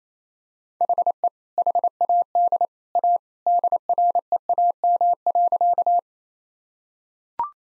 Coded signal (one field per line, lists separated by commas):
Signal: Morse code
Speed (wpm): 27 wpm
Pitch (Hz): 700 Hz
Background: none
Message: HE HAD A DREAM.